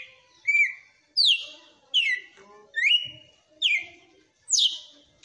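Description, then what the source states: Red-cowled cardinal singing six clear phrases, each a bright whistle, mostly sweeping down in pitch, spaced a little under a second apart against a quiet background. Female.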